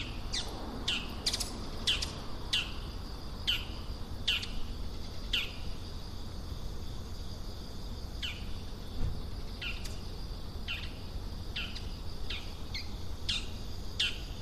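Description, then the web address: Bull-headed shrike calling with a long, irregular series of sharp, high, descending notes, sometimes in quick pairs, while crickets buzz steadily underneath. Recorded 16 September 2020. "saezuri mozu 200916 kubo"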